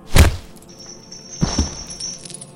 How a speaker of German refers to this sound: Sie wurde nach hinten gegen die Wand geschleudert.